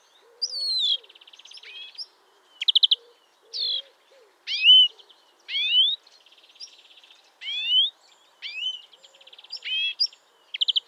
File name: Chloris chloris